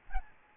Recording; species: mosquito wingbeat signal from an infrared sensor; Aedes albopictus